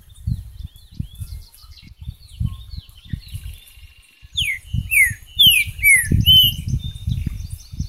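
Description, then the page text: Green-winged saltator song: a run of loud, slurred whistles sliding steeply downward, several in quick succession, over soft twittering from other birds and a steady low thumping rumble. "TRINCA FERRO #Saltatorsimilis #trincaferro"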